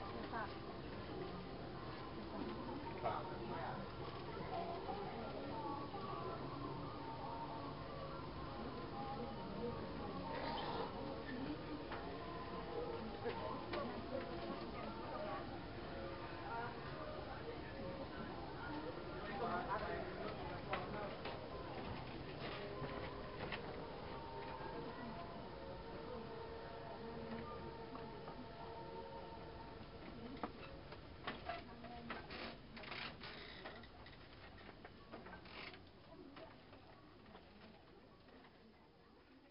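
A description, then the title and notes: Footsteps cross a creaky wooden floor in an open-sided building, with short sharp creaks and knocks scattered throughout. Steady background murmur with faint voices, birds and soft tonal music fills the space, thinning and growing quieter over the last ten seconds. Laos - walking on wood floor in open-sided building. Walking across a creaky wooden floor with ambient sound and music filtering through an open sided massage business. Late afternoon in Luang Namtha, Laos.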